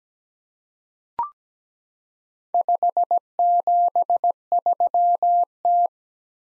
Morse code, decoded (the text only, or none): 573T